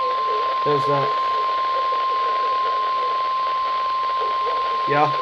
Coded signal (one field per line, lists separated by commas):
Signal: Emergency Alert System (SAME) tones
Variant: 1050 Hz attention tone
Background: speech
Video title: COMPLETE CHAOS II | EAS Timeline (EAS ALERTS 113-122)